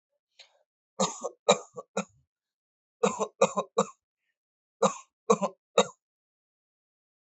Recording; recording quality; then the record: heavy voluntary cough; excellent, no background noise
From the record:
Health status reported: healthy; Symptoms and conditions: none ticked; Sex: male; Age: 29 years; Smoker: not ticked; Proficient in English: yes